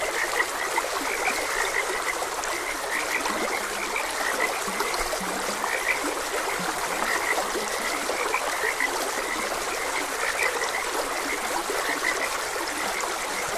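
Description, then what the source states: Croaking frogs, a dense run of short bright notes and a few deeper croaks, set against continuous running water. Frogs croaking beside a gentle stream in a continuous ambient nature soundscape.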